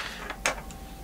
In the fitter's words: here's what the trigger looks like when it's mounted to the breakout board you can see that it snaps into place